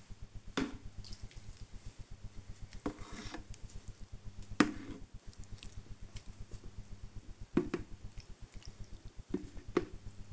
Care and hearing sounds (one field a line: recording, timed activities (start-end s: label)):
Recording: household activities, microphone on the right wrist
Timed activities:
0.00-10.33 s: watering plant